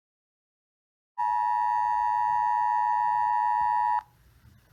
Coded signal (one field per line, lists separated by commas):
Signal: Emergency Alert System (SAME) tones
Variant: 853 and 960 Hz attention tone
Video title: EAS Alerts From Thanksgiving Week 2020 (EAS#34-41)